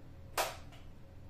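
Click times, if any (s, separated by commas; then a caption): 0.4 s. A phone-jack style connector plug is pushed into its socket on a Mindray anesthesia machine, and a sharp click sounds at 0.4 s, then fades into a low background hum. The plug is seated and will not move.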